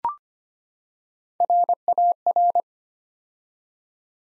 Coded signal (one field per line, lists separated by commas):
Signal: Morse code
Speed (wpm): 25 wpm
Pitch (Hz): 700 Hz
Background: none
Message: RAR